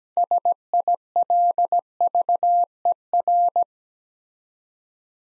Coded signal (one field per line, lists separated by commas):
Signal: Morse code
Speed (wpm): 17 wpm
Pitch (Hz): 700 Hz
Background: none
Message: SILVER